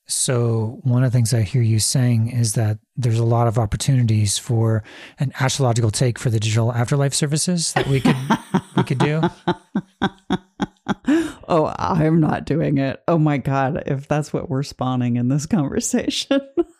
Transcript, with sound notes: So one of the things I hear you saying is that there's a lot of opportunities for an astrological take for the digital afterlife services that we could do.
(laughing) Oh, I'm not doing it. Oh my God. If that's what we're spawning in this conversation,